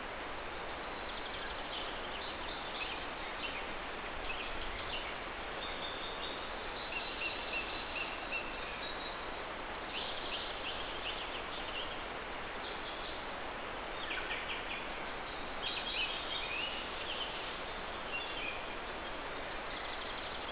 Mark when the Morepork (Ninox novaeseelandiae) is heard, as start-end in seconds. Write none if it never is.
none